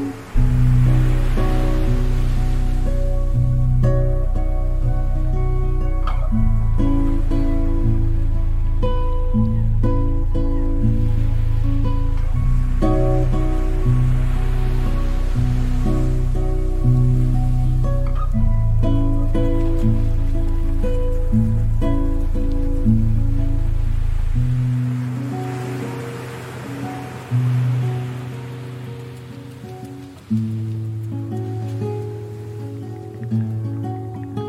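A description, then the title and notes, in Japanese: Waves wash in slow swells behind steady guitar chords that shift every few seconds; the low bass drops out around twenty-five seconds. 波の音とギターサウンド。波の音がホワイトノイズのようになってしまった。Wave sound : Shark beach, Vaucluse。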